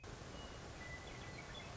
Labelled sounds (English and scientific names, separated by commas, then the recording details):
Western Meadowlark (Sturnella neglecta)
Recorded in Sonoma County, California